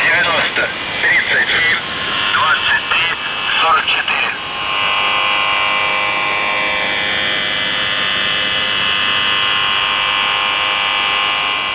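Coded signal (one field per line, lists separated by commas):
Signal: channel marker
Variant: UVB-76 (The Buzzer)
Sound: distorted radio voice for four seconds, then a steady harsh low buzz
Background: radio static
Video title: The Buzzer/UVB-76(4625Khz) May 4th, 2023 Voice messages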